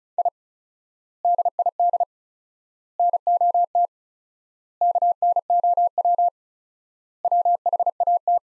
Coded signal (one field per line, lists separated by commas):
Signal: Morse code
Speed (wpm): 36 wpm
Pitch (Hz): 700 Hz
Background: none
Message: I DID NOT KNOW WHAT